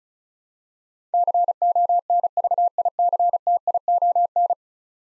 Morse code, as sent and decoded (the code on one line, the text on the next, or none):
-.-. --- -. ...- .. -.-. - .. --- -.
CONVICTION